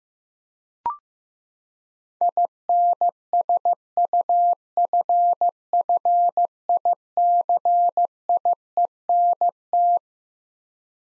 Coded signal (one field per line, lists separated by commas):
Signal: Morse code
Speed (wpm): 15 wpm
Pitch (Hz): 700 Hz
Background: none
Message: INSUFFICIENT